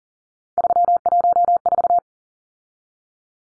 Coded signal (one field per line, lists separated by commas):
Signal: Morse code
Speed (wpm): 40 wpm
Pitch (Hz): 700 Hz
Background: none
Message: 314